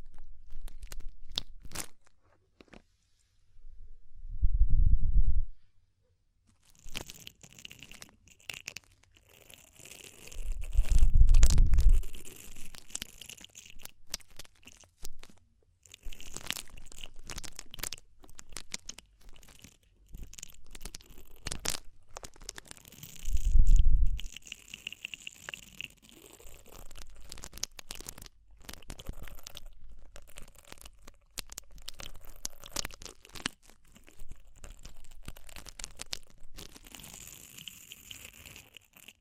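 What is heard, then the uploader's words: Ear cleaning sounds crackle and crinkle in dense, irregular bursts, with deep muffled thumps near 5, 11 and 24 seconds. DEEP Ear Penetrating Cleaning.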